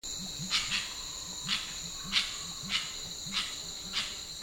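Grey-winged trumpeter giving a rapid series of low, hollow hoots, with intermittent sharp clicks and a continuous shrill insect drone.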